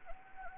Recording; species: mosquito wingbeat signal from an infrared sensor; Anopheles gambiae